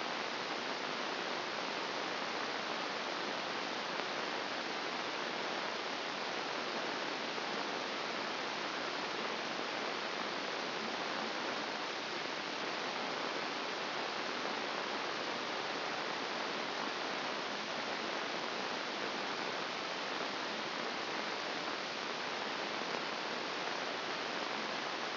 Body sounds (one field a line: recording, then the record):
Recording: brain microelectrode recording played as sound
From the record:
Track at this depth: outside the subthalamic nucleus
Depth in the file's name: 0.84 mm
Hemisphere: left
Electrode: 2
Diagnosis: Parkinson's disease